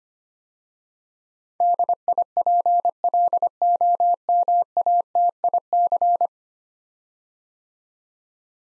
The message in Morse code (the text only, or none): DIPLOMATIC